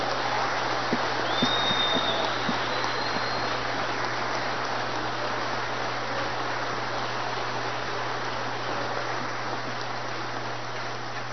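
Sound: audience applauding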